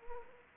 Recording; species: mosquito wingbeat signal from an infrared sensor; Anopheles arabiensis